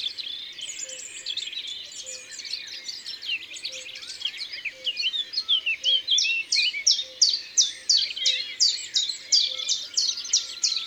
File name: Pouillot veloce ABC des chants doiseaux